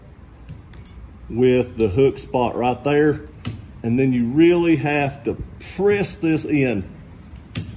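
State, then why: Seated. A new windshield wiper blade adapter is pressed onto the hook of the wiper arm on a 2014 Toyota Tundra while someone talks. Near the end, a sharp pop at 7.6 s marks the blade seating onto the hook, before the retaining clip is closed to lock it in place.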